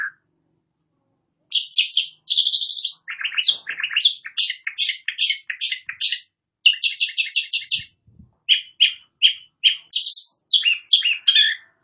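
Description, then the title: Long-tailed shrike song: varied jumbled phrases of harsh chatter, trills and squeaky notes in bursts with brief gaps. Described as gacor, singing actively. "Cendet Gacor"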